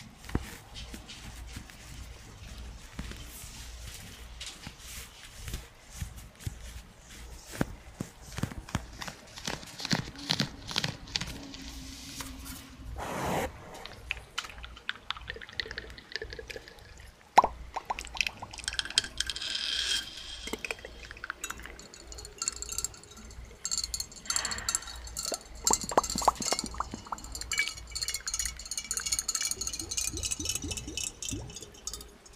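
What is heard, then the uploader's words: A busy run of close, crisp tapping and clinking, like fingers on a jar, with soft rustles and bubbly plops mixed in. The taps come in quick irregular bursts throughout, with a louder sharp knock near seventeen seconds and breathy, swishing sounds drifting through the second half. NO TALKING OR WHISPERING.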